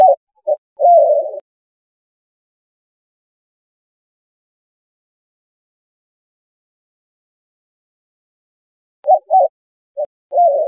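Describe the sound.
White-winged dove giving low, hooting coos in a rhythmic phrase ending in a longer note, repeated after several seconds of silence.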